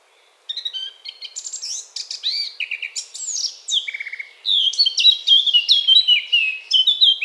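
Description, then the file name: Eurasian blackcap singing: a quick, scratchy warble that flows into louder, clearer fluted phrases in the second half, with no other sounds. "Sylvia atricapilla"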